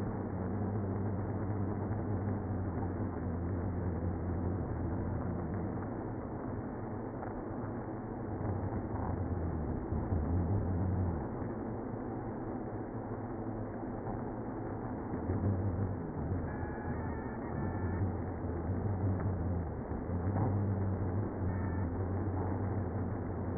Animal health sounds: honeybee colony, microphone inside the hive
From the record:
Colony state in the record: queenless (queen removed); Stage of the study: after two queens were removed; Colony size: about 60,000 bees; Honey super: yes

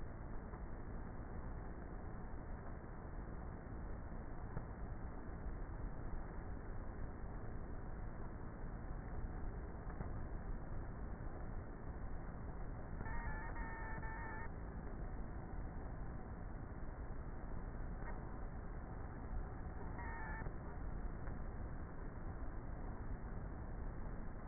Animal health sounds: honeybee colony, microphone inside the hive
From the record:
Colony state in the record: queenless with a low population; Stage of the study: before two queens were removed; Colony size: about 30,000 bees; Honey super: no

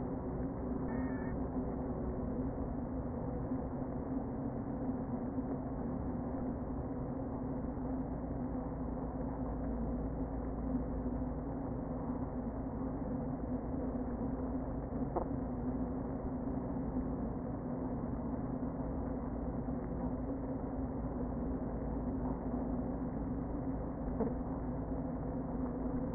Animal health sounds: honeybee colony, microphone inside the hive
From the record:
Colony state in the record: queen present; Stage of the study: before two queens were removed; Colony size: about 60,000 bees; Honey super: yes

